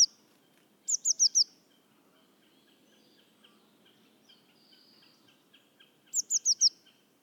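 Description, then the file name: Eurasian blue tit giving two quick bursts of four high, thin, downslurred notes, about five seconds apart, with a faint low rumble of background noise. "Cyanistes caeruleus"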